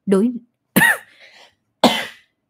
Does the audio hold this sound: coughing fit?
yes